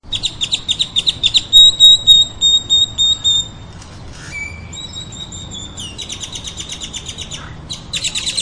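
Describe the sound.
Bird calls: rapid high buzzy chirps, then a series of clear, level whistled notes about every third of a second, followed by fast, dense chattering chirps to the end.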